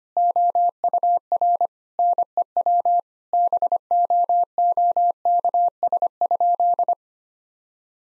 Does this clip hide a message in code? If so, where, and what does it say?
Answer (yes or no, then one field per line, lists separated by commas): yes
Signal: Morse code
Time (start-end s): 0.2-6.9 s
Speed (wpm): 25 wpm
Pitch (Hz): 700 Hz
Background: none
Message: OUR NEW BOOKS?